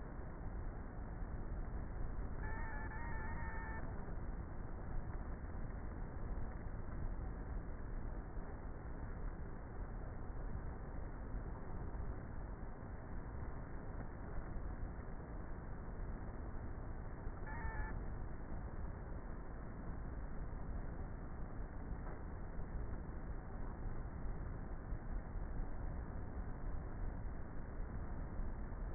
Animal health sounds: honeybee colony, microphone inside the hive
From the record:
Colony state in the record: queenless with a low population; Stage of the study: before two queens were removed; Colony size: about 30,000 bees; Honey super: no

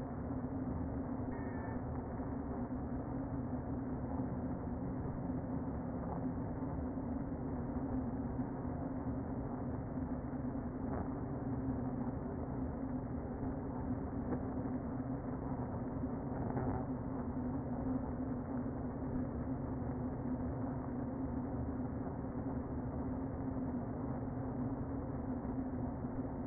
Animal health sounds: honeybee colony, microphone inside the hive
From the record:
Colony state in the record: queen present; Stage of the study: before two queens were removed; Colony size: about 60,000 bees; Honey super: yes

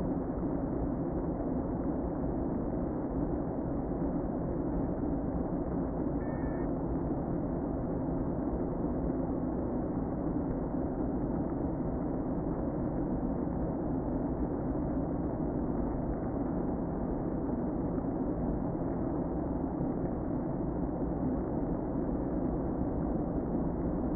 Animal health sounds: honeybee colony, microphone inside the hive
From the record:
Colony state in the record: queen present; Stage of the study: before two queens were removed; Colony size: about 60,000 bees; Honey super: yes

